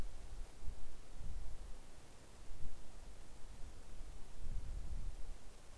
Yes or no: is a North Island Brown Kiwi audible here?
no